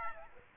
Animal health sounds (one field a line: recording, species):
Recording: mosquito wingbeat signal from an infrared sensor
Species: Aedes aegypti